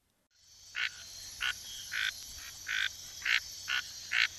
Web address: Natures Songs S America Frogs of Ecuadorian Amazon Scinax rubra